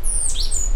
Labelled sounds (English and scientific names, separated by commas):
Stitchbird (Notiomystis cincta) song